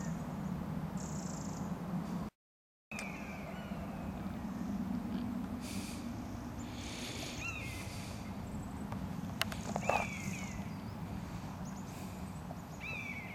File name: honey-buzzard hexham w 31 aug 2010 cbuzz ad hb juv female anx calls